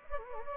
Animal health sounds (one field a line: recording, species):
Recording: mosquito wingbeat signal from an infrared sensor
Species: Anopheles gambiae